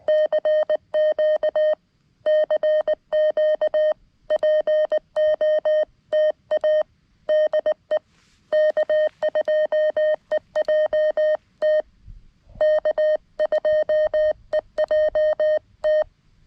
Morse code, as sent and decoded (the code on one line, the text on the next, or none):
-.-. --.- / -.-. --.- / .--. --- - .- / -.. . / -.- ..--- . .--- - / -.- ..--- . .--- -
CQ CQ POTA DE K2EJT K2EJT